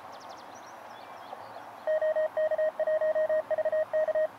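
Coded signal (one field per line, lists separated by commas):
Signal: Morse code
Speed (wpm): 34 wpm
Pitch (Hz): 620 Hz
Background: none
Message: OK1VK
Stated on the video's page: QRP CW from an Elecraft KX2 with a Packtenna antenna thrown into a tree, operated portable.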